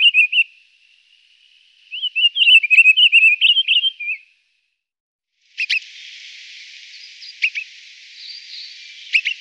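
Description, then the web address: Pine grosbeak song: sweet whistled warbling phrases wavering up and down for about two seconds, then a steady hiss broken by a few sharp clicks. "Faglar Sound Tallbit"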